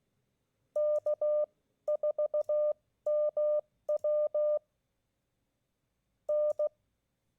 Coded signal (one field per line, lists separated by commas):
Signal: Morse code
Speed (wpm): 16 wpm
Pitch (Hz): 600 Hz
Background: none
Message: K4MW N